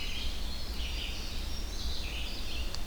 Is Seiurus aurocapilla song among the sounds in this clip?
no